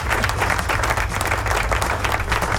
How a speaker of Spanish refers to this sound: Bienvenidos a la nueva lechonera del rock. ¡Aplauso! ¡Aplauso!